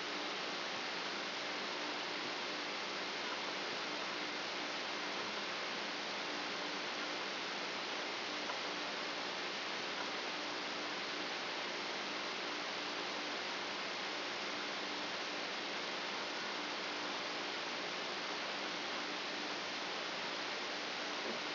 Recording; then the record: brain microelectrode recording played as sound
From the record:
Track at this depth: outside the subthalamic nucleus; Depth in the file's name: 8.428 mm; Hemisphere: left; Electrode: 2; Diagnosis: Parkinson's disease